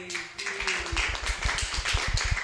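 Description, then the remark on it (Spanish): A group applauds with steady, overlapping claps that form a dense, continuous patter for a couple of seconds, fairly loud, with a faint low tone fading in the background early on. “Bueno, un aplauso para”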